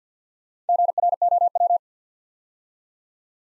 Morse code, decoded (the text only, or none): GROW